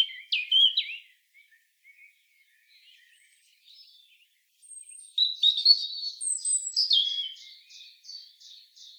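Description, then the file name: European robin sings a short warble, some faint scattered notes, then a longer tinkling phrase with a high thin whistle and a closing series of repeated notes; background quiet. "Erithacus rubecula"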